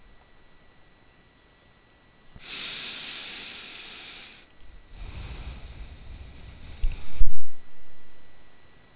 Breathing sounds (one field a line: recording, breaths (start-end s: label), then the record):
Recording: nose breathing near a microphone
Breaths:
1.90-4.52 s: inhalation
4.52-8.93 s: exhalation
From the record:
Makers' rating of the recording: bad